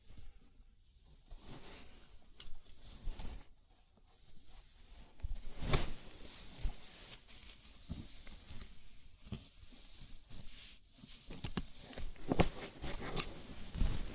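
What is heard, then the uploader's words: A scalp massage: soft, irregular rubbing and scratching of fingers through hair, with brief crisp strokes scattered throughout. The movements come in uneven bursts rather than a steady rhythm, with a few sharper rustles around six and twelve seconds. ASMR Sleepy Scalp Massage (No Talking).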